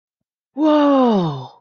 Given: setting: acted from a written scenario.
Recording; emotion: vocal sound without words; awe